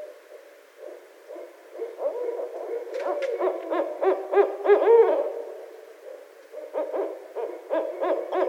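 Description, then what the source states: Barred owl in an excited bout of fast, raspy hoots and cackles, several rising and falling wails near the middle, with bursts of quick notes continuing to the end. Recorded on 29 February 2012.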